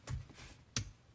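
A shift knob wire connector on a 2015-2022 GMC Canyon slim shifter is brought around to the front and pushed into its plastic mating connector on the vehicle harness plug. After a softer rustle near the start, a sharp pop is heard at 0.8 s as the connector seats in place.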